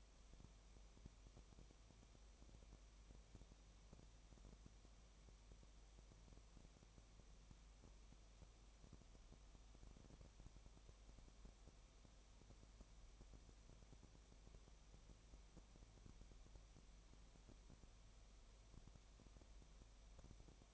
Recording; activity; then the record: daily activity, microphone in the room; no activity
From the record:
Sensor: 1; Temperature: 19.7 degrees Celsius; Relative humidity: 37.0%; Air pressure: 1007.2 hPa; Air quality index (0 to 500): 144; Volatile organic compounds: 5 ppm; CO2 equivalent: 1755 ppm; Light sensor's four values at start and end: 1/2/1/1 and 1/2/1/1